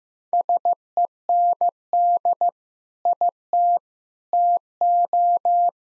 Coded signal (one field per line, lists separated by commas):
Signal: Morse code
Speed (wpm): 15 wpm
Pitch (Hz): 700 Hz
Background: none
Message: SEND IT TO